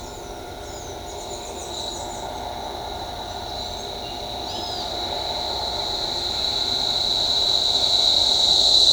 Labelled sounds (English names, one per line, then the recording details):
none
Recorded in shrubland near Pivijay, Magdalena, Colombia, on 18 April 2023 at 08:30
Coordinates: 10.453, -74.365
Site P5-G022